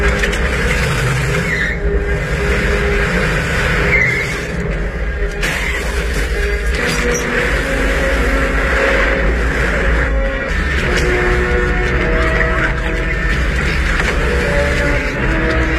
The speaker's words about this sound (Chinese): 莉比见自己的计划落空，便铤而走险，趁莱曼下车买水的功夫，将汽车从渡船上驶入了大海。